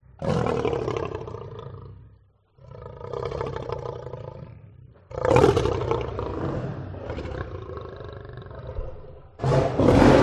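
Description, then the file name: Lion gives a series of deep, harsh roars, with a brief silent gap after the first and a louder burst at the close. "audio hero Lion"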